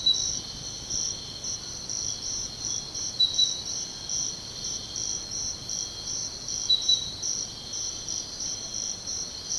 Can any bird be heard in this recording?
no